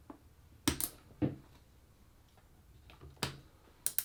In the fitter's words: come diagonal into another hole and so on until you hear them satisfying clicks once